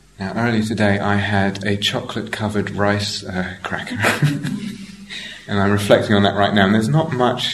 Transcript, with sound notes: Now, earlier today, I had a chocolate-covered rice cracker. [laughter] And I'm reflecting on that right now, and there's not much...